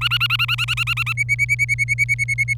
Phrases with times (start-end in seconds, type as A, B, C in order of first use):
0.01-1.13 A, 1.17-2.54 B